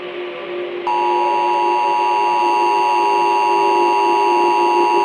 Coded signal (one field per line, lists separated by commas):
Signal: Emergency Alert System (SAME) tones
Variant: 853 and 960 Hz attention tone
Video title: SILVERWINTER: A Virus EAS Scenario (Half Life: Remastered)